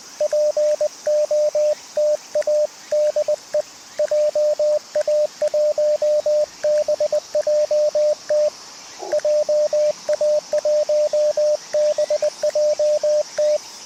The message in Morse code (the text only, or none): POTA DE JA1BJT JA1BJT